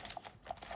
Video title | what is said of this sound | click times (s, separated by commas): GEARBEST 1/16 WPL-C CRAWLER : BEST CRAWLER UNDER $40??? | again there's just two holes there you got to line up your little plastic tabs clicks | 0.1 s, 0.5 s